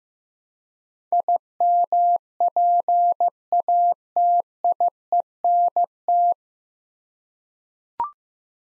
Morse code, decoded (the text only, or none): IMPATIENT